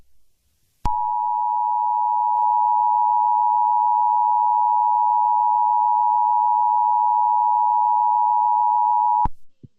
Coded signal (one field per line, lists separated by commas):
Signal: Emergency Alert System (SAME) tones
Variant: 853 and 960 Hz attention tone